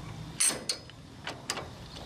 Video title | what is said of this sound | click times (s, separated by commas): Trimax Trailer Hitch Security Lock How To Use It | heard those clicks push down to tighten it up tighten | 0.4 s, 0.7 s, 1.3 s, 1.5 s